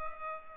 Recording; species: mosquito wingbeat signal from an infrared sensor; Culex pipiens